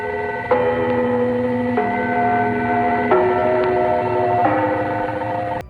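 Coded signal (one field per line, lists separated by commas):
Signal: numbers station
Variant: Gong Station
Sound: four sustained, rich gong-like tones, each changing pitch about every 1.3 seconds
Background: radio static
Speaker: There's also these other ones out there like the Gong Station.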